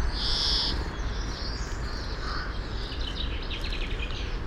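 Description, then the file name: European greenfinch giving a single drawn-out nasal wheeze lasting about half a second, followed by faint scattered chirps over a steady low rumble. "Chloris chloris"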